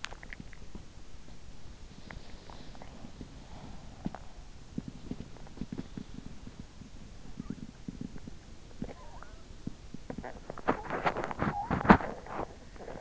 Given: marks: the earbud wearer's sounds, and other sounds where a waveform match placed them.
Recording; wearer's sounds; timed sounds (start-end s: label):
sounds in sleep by an in-ear microphone; teeth grinding
0.25-13.01 s: teeth grinding